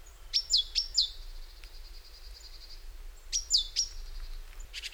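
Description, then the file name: Great tit delivering two brief phrases of sharp, falling whistled notes separated by a pause, and a faint buzzy note at the end. "Parus major"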